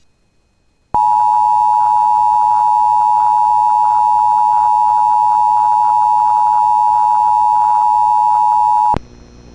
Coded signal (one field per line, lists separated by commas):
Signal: Emergency Alert System (SAME) tones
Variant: 853 and 960 Hz attention tone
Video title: [EAS] Compilation 2024 - First of the Year EAS Tests